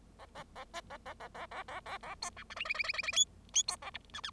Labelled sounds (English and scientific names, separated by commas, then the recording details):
Bengalese Finch (Lonchura striata domestica) song
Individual Bird0